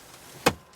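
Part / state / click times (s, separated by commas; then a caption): third-row seat backrest latching into the seat frame / seated / 0.5 s. A manual third-row seat backrest in a 2023 Mercedes EQS SUV (580 AMG) is raised and pushed upright until it locks into its latch in the seat frame. A single sharp click sounds at 0.5 s, with a brief broadband burst against a quiet background. The backrest is seated and latched upright.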